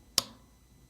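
While reassembling a CZ Shadow 2 / CZ 75 B pistol frame, the vertical upright is pushed to the rear so the steel thumb safety can seat fully into the frame. A single sharp snap is heard at 0.2 s, followed by a brief fading tail. The thumb safety seats completely into the frame.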